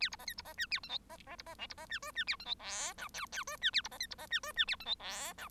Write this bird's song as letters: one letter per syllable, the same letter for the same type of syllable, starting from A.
A B C D B C E A F G C C B C H B C E I E A F G J K L L I E A B C D B C E I E A F G J K